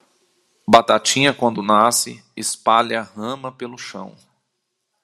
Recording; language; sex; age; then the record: short text; Brazilian Portuguese; male; 40 to 49 years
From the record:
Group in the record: control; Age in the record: 40 years